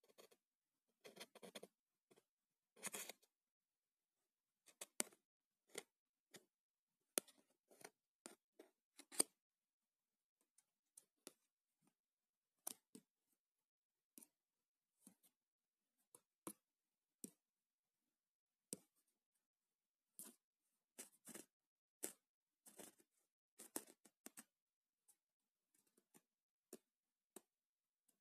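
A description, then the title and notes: A debit card makes sharp plastic clicks and taps, set apart by silence. Quick bursts come early, around the first three seconds, then single crisp snaps recur irregularly every second or two through to the end. Some strikes are brighter, with nothing else in the background. ASMR - Debit card sounds.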